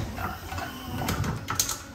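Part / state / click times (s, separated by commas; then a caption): safety lock bar on a portable hydraulic car lift frame / seated / 1.6 s. A portable hydraulic car lift frame is pressed down and lowers onto its mechanical safety lock bar. Low mechanical rumbling and scraping lead to a sharp metallic clack at 1.6 s as the frame settles and seats on the safety lock, locking it in place.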